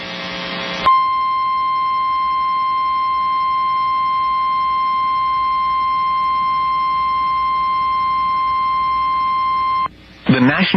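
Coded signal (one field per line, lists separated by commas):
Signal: Emergency Alert System (SAME) tones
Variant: 1050 Hz attention tone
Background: speech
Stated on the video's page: Personally captured emergency alerts, including an erroneous alert from a radio station.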